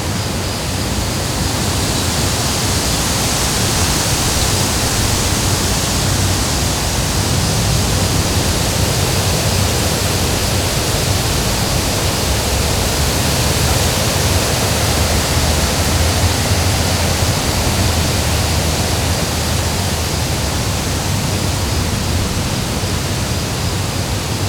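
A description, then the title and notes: Wind moves through the woods as a steady, dense rush that holds the same level for the whole stretch, without distinct gusts or lulls. A soft low rumble sits underneath a bright airy hiss, and no other separate sounds stand out. Wind and the Woods.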